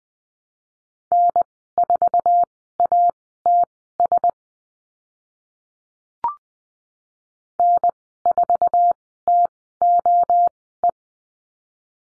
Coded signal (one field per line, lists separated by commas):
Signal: Morse code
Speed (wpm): 20 wpm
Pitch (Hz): 700 Hz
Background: none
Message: N4ATS N4TOE